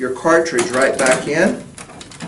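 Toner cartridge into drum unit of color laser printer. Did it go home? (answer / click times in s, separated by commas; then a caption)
no / none. A toner cartridge is pushed back into its drum unit in the pull-out rack of a Brother MFC 9970CDW color laser printer while someone talks. Brief plastic handling knocks come near the end, around 1.8, 2.0 and 2.3 seconds. The cartridge is still being handled and nothing has seated or clicked yet.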